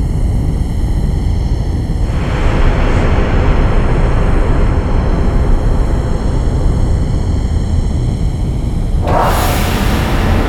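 A dense, rumbling ambience with a heavy low roar that holds steady throughout. Evenly spaced bright tonal bands hum through the first two seconds, then a hissing wash fills the upper range. Near nine seconds a sharp, bright swell bursts in, like a transition.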